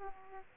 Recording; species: mosquito wingbeat signal from an infrared sensor; Aedes aegypti